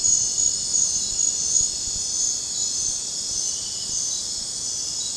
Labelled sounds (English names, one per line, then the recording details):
none
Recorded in dense forest near Puerto Asís, Putumayo, Colombia, on 21 December 2024 at 21:30
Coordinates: 0.466, -76.327
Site G075